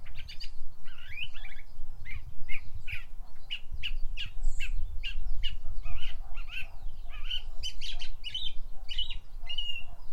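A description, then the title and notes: Birds sing in an English hedgerow, a busy overlapping stream of bright chirps, trills and short whistled phrases that never pauses across the ten seconds. Beneath the song runs a steady low rumble of background noise. English hedgerow Bird Song.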